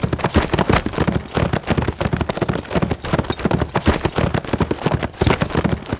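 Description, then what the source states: Horse hoofbeats at speed, soft thuds grouped in rapid rolling patterns, even and continuous. Steady fast gallop on grass.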